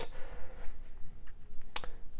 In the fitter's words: it looks it looks like a pretty big gap but I'm not applying much pressure and once you put a little bit of pressure down it quickly snaps into place